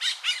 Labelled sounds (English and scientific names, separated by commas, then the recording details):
Brown-throated Parakeet (Eupsittula pertinax) contact call
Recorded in Bonaire
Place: just S of turnoff to Cai, near Lac Bay
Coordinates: 12.126, -68.239